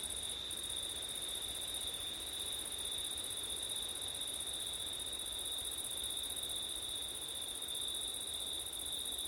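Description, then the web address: Cricket trilling, a constant high buzzing shimmer with a higher layer that breaks briefly once, over a quiet airy hiss. Crickets heard on a windy September night; ORTF stereo recording. "audio crickets wind september night ortif"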